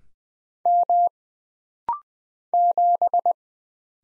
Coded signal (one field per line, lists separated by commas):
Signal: Morse code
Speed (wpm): 20 wpm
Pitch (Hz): 700 Hz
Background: none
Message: M 7